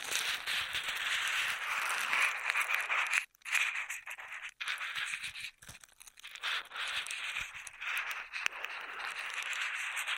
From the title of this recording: Intense Straw Triggers